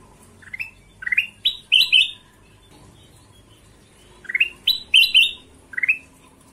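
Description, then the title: Ruby-throated bulbul with two short phrases of ascending whistled notes, each burst of five chirps followed by a quiet gap. Tutor song (masteran) of combination song for training birds. "Panjang Masteran Kutilang Emas Suara Kombinasi"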